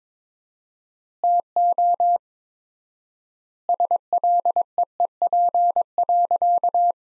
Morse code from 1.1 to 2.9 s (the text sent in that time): TO